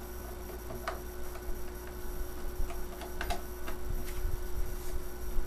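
A DDR RAM module is being handled and pressed toward a memory slot on the logic board of a Power Mac G5 desktop computer, whose plastic retaining clips are meant to snap closed. Light scattered ticks and handling taps sit over a steady electrical hum, with a brief sharper tick near 0.9 seconds. The clip ends before the module goes home, so nothing has seated or clicked yet.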